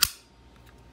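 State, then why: Partly seated. A newly cut key is trial-fitted in an antique Yale 3-lever mortise lock, throwing the bolt out with a single sharp clack at 0.0 s, followed by a faint tick near 0.7 s. The bolt is thrown, but the key does not lift the levers all the way, so they do not snap back down, a partial success.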